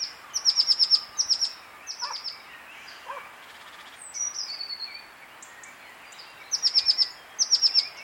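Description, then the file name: Eurasian blue tit giving rapid bursts of high, thin, descending notes in short trills, with a drawn-out sliding note midway and quieter chirps between. "Cyanistes caeruleus"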